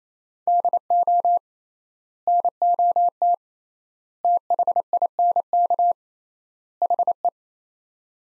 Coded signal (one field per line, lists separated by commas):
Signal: Morse code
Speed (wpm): 28 wpm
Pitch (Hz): 700 Hz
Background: none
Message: DO NOT THINK HE